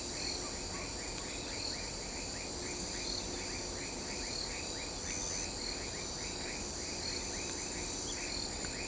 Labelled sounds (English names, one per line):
none